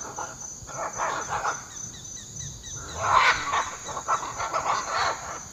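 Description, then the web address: Scarlet macaw calling in a series of rough, grating squawks, several overlapping bursts throughout, with a constant shrill insect hum behind. Calls recorded in the eastern lowlands of South America. "Natures Songs S America Eastern Lowlands Ara macao, calls"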